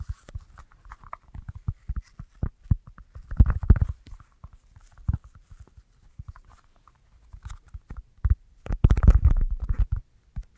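Dry tapping in quick irregular bursts, soft low knocks with brief clustered flurries around four and nine seconds, over near silence.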